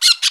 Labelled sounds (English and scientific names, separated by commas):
Brown-throated Parakeet (Eupsittula pertinax) contact call